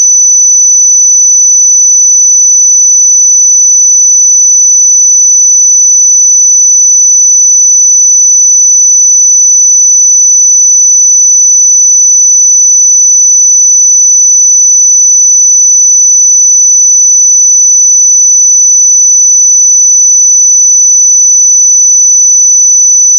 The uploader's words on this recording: 5990 Hz 1 Hz Interval Sine Pure Tone Frequency 441000 Sample Mono.